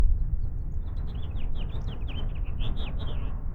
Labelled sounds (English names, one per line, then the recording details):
House Finch song
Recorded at WGilgo Beach on Long Island, New York, on 22 May 1975
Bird C